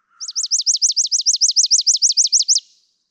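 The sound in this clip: Chipping Sparrow trill: a steady, rapid run of many high, dry chipping notes lasting over two seconds.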